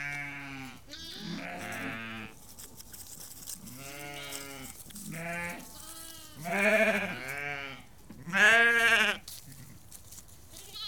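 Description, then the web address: Sheep flock bleating steadily, many overlapping ewe and lamb calls, two louder drawn-out bleats toward the end. About 30 to 50 ewes and lambs calling. "The BBC Sound Effects Library Livestock About 30-50 Ewes and Lambs Calling"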